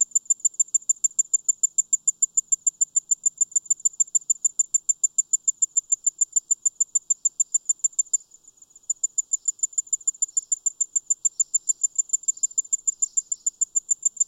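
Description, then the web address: Tinkling ground cricket singing a long, even train of high, bell-like pulses, interrupted by one short pause, with faint softer chirps in the background. "The Songs of Insects. Tinkling Ground Cricket"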